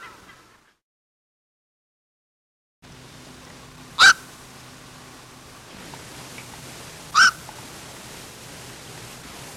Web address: 101 Bird Songs. Black Crowned Night Heron